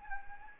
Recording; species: mosquito wingbeat signal from an infrared sensor; Anopheles arabiensis